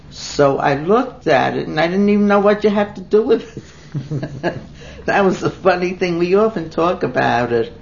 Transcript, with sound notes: So I looked at it and I didn't even know what you had to do with it. [laughter] That was a funny thing. We often talk about it.